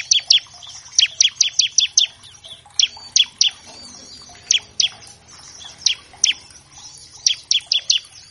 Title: Masteran Ciblek Gacor Vs Kenari Gacor Untuk Masteran Semua Jenis Burung. Pancingan Ciblek bahan agar cepat bunyi. Burung Ciblek